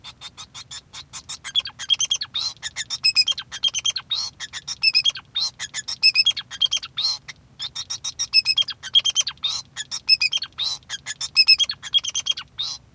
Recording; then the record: song of a male Bengalese finch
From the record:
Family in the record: son of father 2